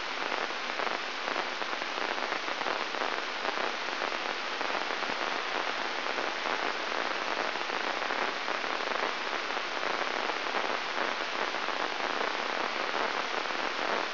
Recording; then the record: brain microelectrode recording played as sound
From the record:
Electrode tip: inside the subthalamic nucleus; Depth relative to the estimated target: -1 mm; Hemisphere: right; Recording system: AlphaMap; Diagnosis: Parkinson's disease